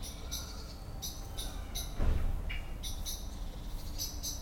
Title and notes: cologne, lütticherstrasse, amsel. amsel aufgeregt schimpfend fliegt von baum zu baum, im hintergrund fahrradfahrer und fussgänger auf dem bürgersteig, morgens